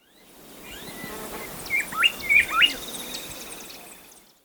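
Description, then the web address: Bar-winged Wood-Wren with a brief phrase of sweet whistled notes rising and falling in pitch, set against constant background hiss. Ecuador. "Birds of Ecuador. Bar-Winged Wood-Wren"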